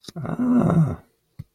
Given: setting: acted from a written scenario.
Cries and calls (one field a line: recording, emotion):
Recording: vocal sound without words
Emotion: positive surprise